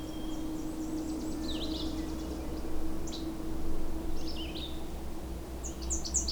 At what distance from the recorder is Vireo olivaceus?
about 55 m